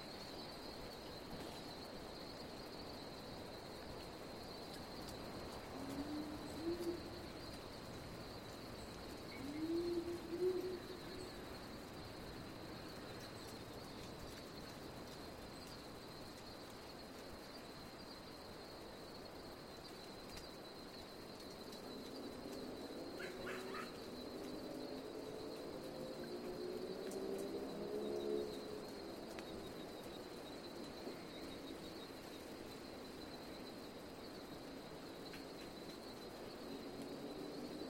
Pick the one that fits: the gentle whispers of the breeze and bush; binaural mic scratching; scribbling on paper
the gentle whispers of the breeze and bush